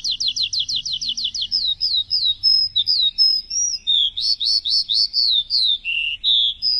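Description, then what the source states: Bird song: a fast trill of repeated high notes gives way to varied slurred whistles and chirps, delivered quickly and without pause. Chirping bird song intended for training pet birds.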